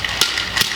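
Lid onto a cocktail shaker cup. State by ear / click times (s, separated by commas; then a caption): not seated / none. A lid is being handled onto a cocktail shaker or insulated cup before shaking, with a few short, sharp knocks against a steady low background hum. Nothing has seated or clicked yet.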